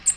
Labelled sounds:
American Redstart flight call

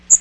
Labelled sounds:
Magnolia Warbler flight call

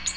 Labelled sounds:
Ovenbird flight call

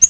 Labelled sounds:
Yellow-rumped Warbler flight call

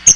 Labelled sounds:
Chestnut-sided Warbler flight call

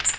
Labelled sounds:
Magnolia Warbler flight call

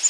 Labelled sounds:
Prairie Warbler flight call

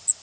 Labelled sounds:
Cape May Warbler flight call

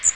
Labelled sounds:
Magnolia Warbler flight call

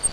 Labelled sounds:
Grace's Warbler flight call

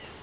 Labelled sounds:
Nashville Warbler flight call

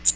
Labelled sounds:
Magnolia Warbler flight call

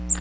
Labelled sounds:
Magnolia Warbler flight call

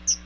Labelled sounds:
Chestnut-sided Warbler flight call

